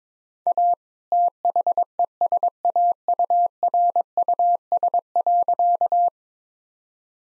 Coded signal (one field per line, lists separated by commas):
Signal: Morse code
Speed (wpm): 22 wpm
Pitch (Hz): 700 Hz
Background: none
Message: A THESAURUS.